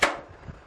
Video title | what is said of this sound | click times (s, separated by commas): Cách khắc phục sự cố khi sử dụng Máy in hóa đơn EPSON TM U220B in kim | the paper going forward close the back portion of the printer securely until it locks in place | 0.0 s